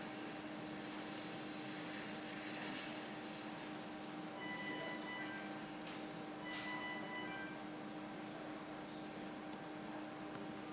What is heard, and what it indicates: Intensive Care Ventilator Alarm.